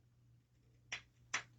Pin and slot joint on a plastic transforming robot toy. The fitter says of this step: until it clicks into place and at that point it's nice and stable